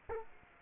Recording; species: mosquito wingbeat signal from an infrared sensor; Culex quinquefasciatus